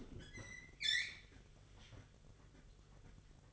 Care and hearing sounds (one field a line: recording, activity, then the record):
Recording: daily activity, microphone in the room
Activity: open fridge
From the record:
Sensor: 4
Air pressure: 1008.5 hPa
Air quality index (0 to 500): 76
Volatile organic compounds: 1 ppm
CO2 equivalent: 636 ppm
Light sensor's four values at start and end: 16/36/15/15 and 14/31/13/13